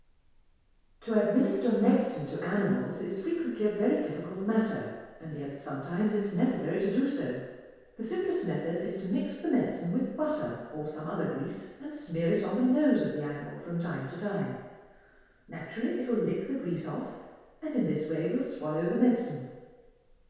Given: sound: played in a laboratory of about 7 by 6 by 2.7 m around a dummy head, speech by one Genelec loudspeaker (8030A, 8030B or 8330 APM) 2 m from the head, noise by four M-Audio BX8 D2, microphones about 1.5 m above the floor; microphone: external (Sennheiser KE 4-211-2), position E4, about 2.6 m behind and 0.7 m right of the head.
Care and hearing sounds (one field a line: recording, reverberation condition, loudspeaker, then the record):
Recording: female speech in English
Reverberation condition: high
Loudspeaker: 90 degrees to the right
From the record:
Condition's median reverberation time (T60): about 1300 ms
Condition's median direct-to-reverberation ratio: about -4.0 dB